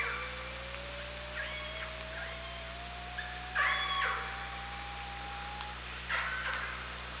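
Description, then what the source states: Killer whale long whistle rising very gradually for several seconds, with short harmonic pulsed calls appearing at intervals above it and a steady low hum underneath. Underwater OrcaLab hydrophone at Parson Island, 24 August 2017, 18:32.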